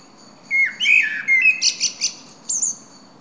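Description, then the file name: Common blackbird phrase opening with a mellow low warble, then a series of rapid high squeaks and a final thin rising note. "Turdus merula"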